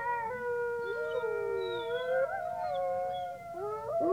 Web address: волки